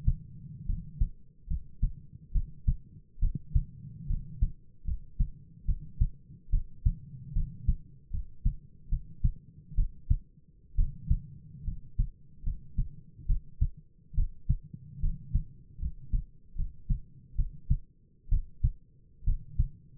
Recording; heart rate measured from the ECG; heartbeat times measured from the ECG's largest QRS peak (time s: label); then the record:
heart sounds by stethoscope; 71 bpm
0.65 s: heartbeat
1.47 s: heartbeat
2.31 s: heartbeat
3.19 s: heartbeat
4.06 s: heartbeat
4.84 s: heartbeat
5.65 s: heartbeat
6.49 s: heartbeat
7.32 s: heartbeat
8.10 s: heartbeat
8.88 s: heartbeat
9.74 s: heartbeat
10.75 s: heartbeat
11.64 s: heartbeat
12.43 s: heartbeat
13.26 s: heartbeat
14.14 s: heartbeat
14.99 s: heartbeat
15.78 s: heartbeat
16.55 s: heartbeat
17.35 s: heartbeat
18.28 s: heartbeat
19.23 s: heartbeat
From the record:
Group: healthy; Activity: rest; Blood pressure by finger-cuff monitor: 115/61 mmHg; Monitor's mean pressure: 73 mmHg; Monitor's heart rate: 71 bpm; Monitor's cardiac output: 7.9 L/min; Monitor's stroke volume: 111 mL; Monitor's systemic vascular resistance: 660 dyn s/cm5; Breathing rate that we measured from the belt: 16 breaths a minute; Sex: male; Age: 22 years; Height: 185 cm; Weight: 112.4 kg